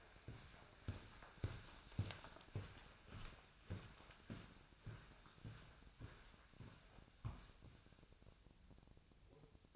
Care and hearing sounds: daily activity, microphone in the room; walk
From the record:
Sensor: 2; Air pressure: 1009.1 hPa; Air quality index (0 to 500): 183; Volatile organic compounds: 3 ppm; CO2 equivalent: 1335 ppm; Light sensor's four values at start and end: 48/124/53/59 and 49/124/54/59

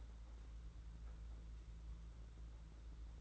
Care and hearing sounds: daily activity, microphone in the room; place on stove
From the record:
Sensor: 3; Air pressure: 991.9 hPa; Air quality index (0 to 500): 227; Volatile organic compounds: 1000 ppm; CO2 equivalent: 7794 ppm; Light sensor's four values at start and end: 26/77/31/26 and 26/77/31/26

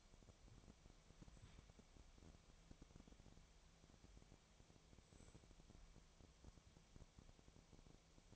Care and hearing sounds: daily activity, microphone in the room; wipe stove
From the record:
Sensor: 1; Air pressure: 1007.1 hPa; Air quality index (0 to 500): 204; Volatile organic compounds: 22 ppm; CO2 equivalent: 2752 ppm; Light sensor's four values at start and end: 13/33/13/14 and 13/32/13/14

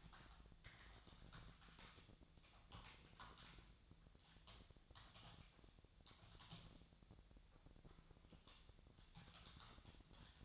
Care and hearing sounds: daily activity, microphone in the room; typing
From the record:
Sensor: 3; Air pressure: 999.2 hPa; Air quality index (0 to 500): 206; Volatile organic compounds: 55 ppm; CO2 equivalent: 3362 ppm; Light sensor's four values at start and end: 8/20/7/8 and 8/20/7/8

